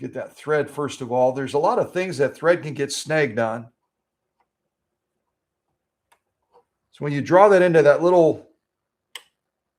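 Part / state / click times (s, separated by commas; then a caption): thread into sewing machine thread guide / seated / 9.2 s. Sewing thread on a vintage Singer 5808C sewing machine is drawn into a small metal thread guide while someone talks. After a quiet pause with a few faint ticks, the thread snaps into the guide with a sharp click at 9.2 s, and it is seated.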